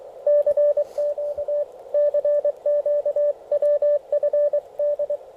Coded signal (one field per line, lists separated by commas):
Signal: Morse code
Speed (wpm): 23 wpm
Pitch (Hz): 590 Hz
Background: radio noise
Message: CQ CQ WFD